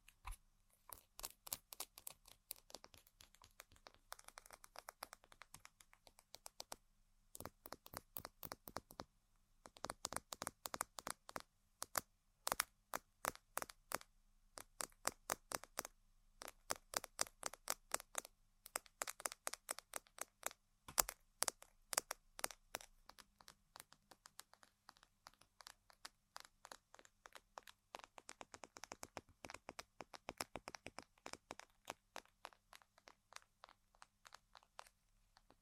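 Tapping and scratching on assorted objects, in dense runs of quick, sharp clicks and knocks with brief pauses between bursts. The hits come at a fast, uneven pace, some crisp and bright, with softer scratchy stretches around 25 to 35 seconds.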